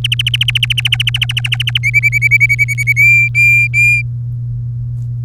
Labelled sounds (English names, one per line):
Domestic Canary song